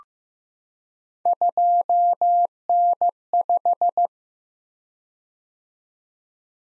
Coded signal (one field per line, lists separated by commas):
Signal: Morse code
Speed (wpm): 15 wpm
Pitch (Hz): 700 Hz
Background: none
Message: 2N5